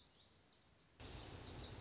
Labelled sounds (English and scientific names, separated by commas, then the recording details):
Lazuli Bunting (Passerina amoena)
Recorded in Sonoma County, California